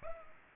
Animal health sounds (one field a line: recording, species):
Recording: mosquito wingbeat signal from an infrared sensor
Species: Culex pipiens